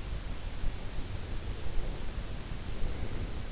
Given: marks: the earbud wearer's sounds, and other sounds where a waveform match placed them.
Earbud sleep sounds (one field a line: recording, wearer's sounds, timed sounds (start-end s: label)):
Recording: sounds in sleep by an in-ear microphone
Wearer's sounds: breath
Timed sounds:
1.02-3.49 s: breath